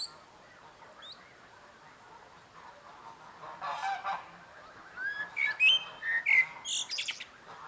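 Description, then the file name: Common blackbird song, a short phrase of fluty mid-pitched notes ending in high squeaky twitters near the end, after a quiet start with a brief rustling burst. "Turdus merula"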